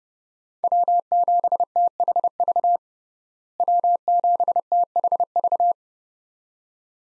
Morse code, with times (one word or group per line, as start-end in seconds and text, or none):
0.6-2.8 W7THV
3.6-5.7 W7THV